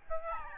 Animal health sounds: mosquito wingbeat signal from an infrared sensor; Aedes albopictus

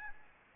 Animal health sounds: mosquito wingbeat signal from an infrared sensor; Aedes albopictus

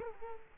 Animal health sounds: mosquito wingbeat signal from an infrared sensor; Culex quinquefasciatus

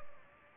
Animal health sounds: mosquito wingbeat signal from an infrared sensor; Aedes aegypti

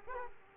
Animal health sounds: mosquito wingbeat signal from an infrared sensor; Aedes aegypti

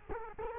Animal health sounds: mosquito wingbeat signal from an infrared sensor; Culex quinquefasciatus

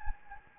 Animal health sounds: mosquito wingbeat signal from an infrared sensor; Anopheles gambiae

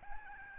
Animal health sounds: mosquito wingbeat signal from an infrared sensor; Aedes albopictus

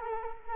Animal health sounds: mosquito wingbeat signal from an infrared sensor; Culex quinquefasciatus

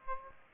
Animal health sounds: mosquito wingbeat signal from an infrared sensor; Aedes aegypti

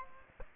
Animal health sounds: mosquito wingbeat signal from an infrared sensor; Aedes aegypti

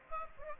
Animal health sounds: mosquito wingbeat signal from an infrared sensor; Aedes aegypti

